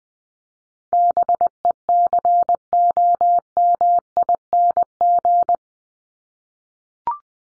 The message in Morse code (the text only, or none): BECOMING